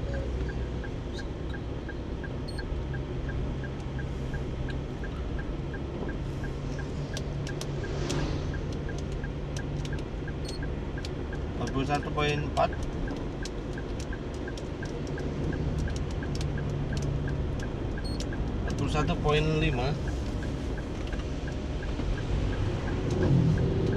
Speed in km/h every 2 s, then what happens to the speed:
46, 47, 48, 49, 50, 50, 50, 50, 50, 49, 48, 48.
0-24 steady at about 49.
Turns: none.